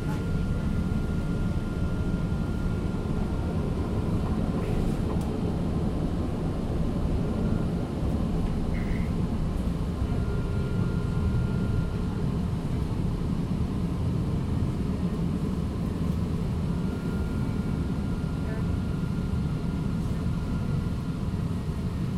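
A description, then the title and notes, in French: A train arriving, heard from on board as a constant deep rumble that stays level throughout. A thin steady whine runs above it, with a few brief clicks and a short chirp near the middle, and faint voices possibly in the background. Arrivée en train.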